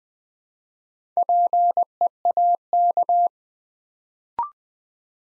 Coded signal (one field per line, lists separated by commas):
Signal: Morse code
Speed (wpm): 20 wpm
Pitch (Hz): 700 Hz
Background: none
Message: PEAK